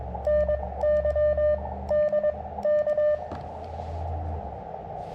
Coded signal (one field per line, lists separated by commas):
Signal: Morse code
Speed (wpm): 20 wpm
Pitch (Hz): 590 Hz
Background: none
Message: NY D K